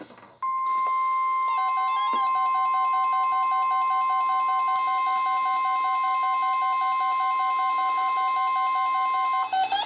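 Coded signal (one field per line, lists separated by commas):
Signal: Emergency Alert System (SAME) tones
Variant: 1050 Hz attention tone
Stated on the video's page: Marine warnings from NOAA weather radio transmitters on 162.550 and 162.450 MHz, received on multiple weather radios.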